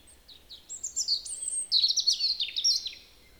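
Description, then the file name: European robin song, a quick stream of high, thin notes and sweet trills rising and falling over about three seconds. "Erithacus rubecula"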